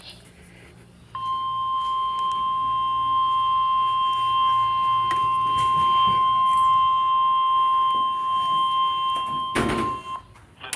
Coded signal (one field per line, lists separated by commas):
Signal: Emergency Alert System (SAME) tones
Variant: 1050 Hz attention tone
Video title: radio madness 2 the sequel eas317-363 EAS alerts from 5/19/22